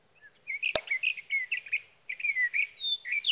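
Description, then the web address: Sage thrasher warbling in two bursts of varied whistled notes, with a single sharp click early on. "birdsongforthecurious Sage Thrasher"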